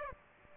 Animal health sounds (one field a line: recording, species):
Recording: mosquito wingbeat signal from an infrared sensor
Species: Aedes aegypti